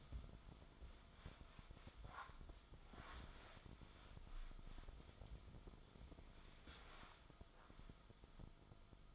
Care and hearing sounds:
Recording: daily activity, microphone in the room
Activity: wipe stove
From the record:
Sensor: 5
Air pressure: 1004.9 hPa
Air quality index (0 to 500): 101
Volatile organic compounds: 2 ppm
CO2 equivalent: 1226 ppm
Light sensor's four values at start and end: 32/72/30/30 and 33/76/31/31

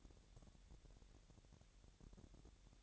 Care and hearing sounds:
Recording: daily activity, microphone in the room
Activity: take from stove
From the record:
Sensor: 3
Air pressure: 1012.0 hPa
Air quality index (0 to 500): 199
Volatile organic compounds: 3 ppm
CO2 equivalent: 1490 ppm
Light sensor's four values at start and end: 112/265/109/97 and 112/265/109/97

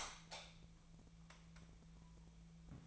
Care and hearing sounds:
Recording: daily activity, microphone in the room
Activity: light off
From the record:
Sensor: 1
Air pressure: 1000.0 hPa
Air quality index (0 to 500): 128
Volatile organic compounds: 2 ppm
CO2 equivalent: 1216 ppm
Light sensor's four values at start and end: 43/114/47/57 and 39/99/42/51

